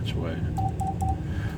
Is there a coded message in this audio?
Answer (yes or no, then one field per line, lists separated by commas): no